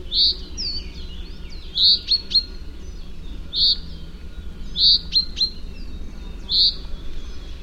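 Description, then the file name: Common chaffinch calls, short bright chirps with quick downward flicks, repeated several times over a steady low background hiss. "Fringilla coelebs"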